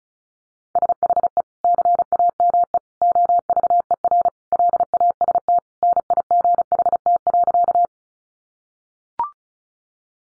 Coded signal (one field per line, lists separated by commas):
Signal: Morse code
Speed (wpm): 34 wpm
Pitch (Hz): 700 Hz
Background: none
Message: SHE CAME OVER LAST NIGHT.